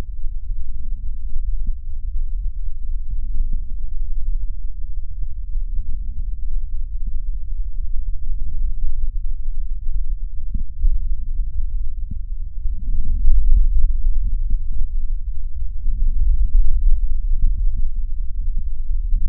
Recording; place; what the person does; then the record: lung sounds by stethoscope; right anterior apical chest; quiet breathing, then deep breathing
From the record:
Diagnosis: interstitial lung disease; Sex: female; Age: 74 years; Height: 150 cm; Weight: 69.8 kg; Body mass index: 31.0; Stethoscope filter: bell mode